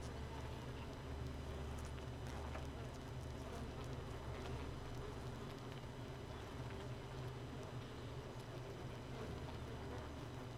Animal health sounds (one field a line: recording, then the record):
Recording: honeybee colony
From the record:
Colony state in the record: missing queen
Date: 31 May 2018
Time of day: 4:20